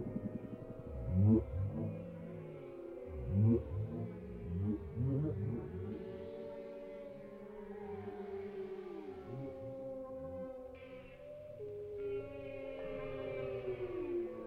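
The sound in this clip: Whale song of repeated arching, swooping moans every couple of seconds, followed by softer sustained tones and faint higher notes.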